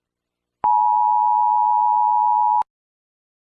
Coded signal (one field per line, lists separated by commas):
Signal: Emergency Alert System (SAME) tones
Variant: 853 and 960 Hz attention tone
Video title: 🌈🎨 | Demodogs: A Stranger Things EAS scenario #3